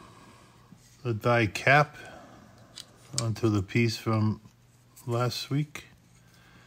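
A keyed, half-moon-shaped plastic cap that fits only one way is handled against the sub-assembly from the previous stage of an Iron Man Mark III scale model, ready to be pressed on. Someone talks over faint handling noises with a brief small tap near 2.8 s. Nothing has seated or clicked yet.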